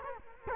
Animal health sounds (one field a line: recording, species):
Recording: mosquito wingbeat signal from an infrared sensor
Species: Culex quinquefasciatus